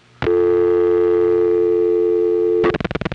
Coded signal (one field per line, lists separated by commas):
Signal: telephone call progress tone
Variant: North America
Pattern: dial tone